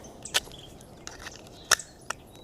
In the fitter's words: Snaps right in.